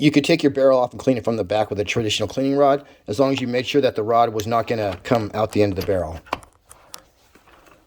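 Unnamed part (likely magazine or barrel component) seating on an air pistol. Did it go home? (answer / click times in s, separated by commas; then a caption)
no / none. Someone talks for about six seconds while fitting a part onto an Air Venturi Micro Strike .177 air pistol during barrel cleaning. After the talking stops, a few faint, sharp handling ticks are heard at about 6.6, 6.7, 6.9 and 7.4 s. The clip ends before the part goes home, so nothing has seated or clicked yet.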